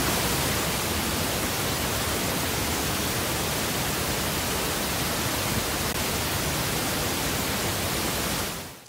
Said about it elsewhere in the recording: When we use pink noise, the sound therapy, and bring it just close to the tinnitus, almost covering the tinnitus, that would be considered the maximum mixing point. when we can set the sound therapy, the pink noise, just right with sound therapy devices in your ears, and you use them for most hours of the day for a period of months, your brain can learn to reduce tinnitus.